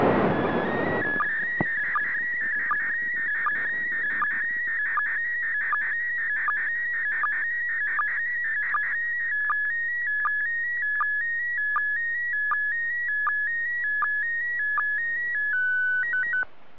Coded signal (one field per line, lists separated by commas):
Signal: SSTV (slow-scan television)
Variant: PD 180